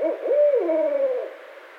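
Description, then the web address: Barred owl hoot: two quick clipped notes leading into one long, wavering hoot that slowly fades and falls away. Recorded 16 February 2012. "Barred Owl 2012 02 16"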